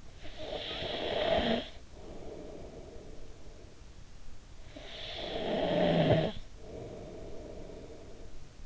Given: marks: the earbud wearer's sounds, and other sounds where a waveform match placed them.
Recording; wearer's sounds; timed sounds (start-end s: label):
sounds in sleep by an in-ear microphone; snoring breath
0.09-4.13 s: snoring breath
4.31-8.66 s: snoring breath